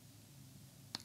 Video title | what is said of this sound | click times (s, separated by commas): ROLEX Oyster Perpetual 41 Ref. 124300. Yellow Dial. The Epitome of Cool! | get to the other sense click it in and then you have those 5 mm you can | 0.9 s